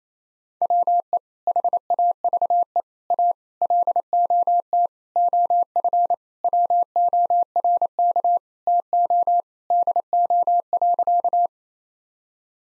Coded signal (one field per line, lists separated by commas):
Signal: Morse code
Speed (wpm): 28 wpm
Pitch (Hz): 700 Hz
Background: none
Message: WE HAVE A LOT OF WORK TO DO.